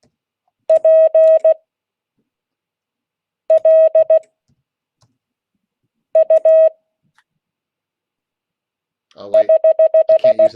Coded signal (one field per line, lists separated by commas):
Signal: Morse code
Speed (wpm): 16 wpm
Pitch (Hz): 630 Hz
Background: speech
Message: PLU <HH>